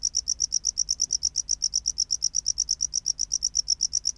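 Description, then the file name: Tropical house cricket song: loud, high-pitched chirps repeated rapidly in a steady, even rhythm. "Bio Acoustica. Gryllodes sigillatus"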